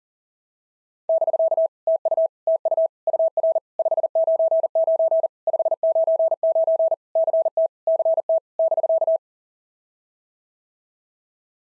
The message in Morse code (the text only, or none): <BK> TU TU UR 599 599 CT CT <BK>